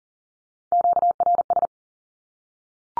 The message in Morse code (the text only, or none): QRS